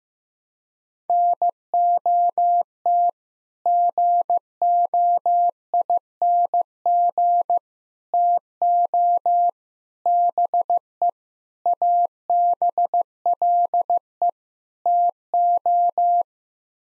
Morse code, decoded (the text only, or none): NOT GOING TO BE ABLE TO